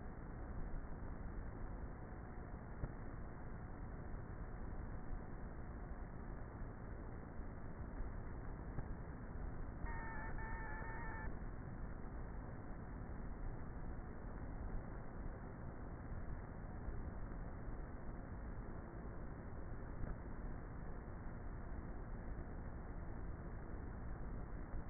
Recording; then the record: honeybee colony, microphone inside the hive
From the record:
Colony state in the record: queenless with a low population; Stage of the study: before two queens were removed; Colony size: about 30,000 bees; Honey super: no